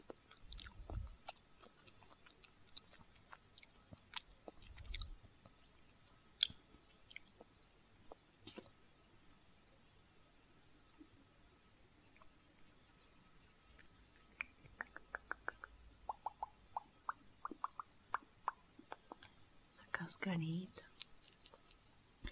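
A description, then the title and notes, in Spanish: Someone eats a banana with soft, wet chewing and sharp mouth clicks scattered across quiet gaps, then a denser squishy burst near the end. ASMR comiendo una banana.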